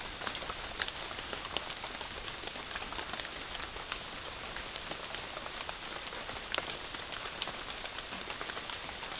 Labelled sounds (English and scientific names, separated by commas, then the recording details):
none
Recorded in pastures near Puerto Asís, Putumayo, Colombia, on 25 June 2025 at 14:00
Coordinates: 0.466, -76.322
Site GP07